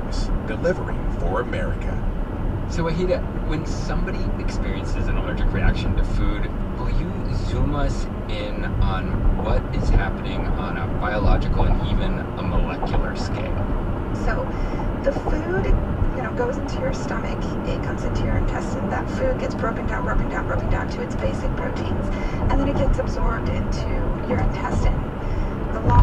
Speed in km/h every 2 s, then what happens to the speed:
82, 84, 82, 82, 87, 89, 90, 92, 92, 92, 92, 92, 92.
0-6 steady at about 82. 6-15 speeds up to 92. 15-26 steady at about 92.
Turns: none.